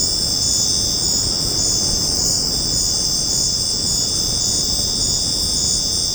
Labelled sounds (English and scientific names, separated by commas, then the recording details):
none
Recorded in secondary vegetation near Puerto Asís, Putumayo, Colombia, on 13 March 2025 at 20:00
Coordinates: 0.481, -76.318
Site G097